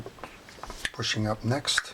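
During reassembly of a 1980s Shakespeare Alpha 050 metal-bodied fishing reel, the side plate is handled over the greased bushing and stud. Light handling taps and clicks are heard while someone talks. Nothing has seated or snapped closed yet.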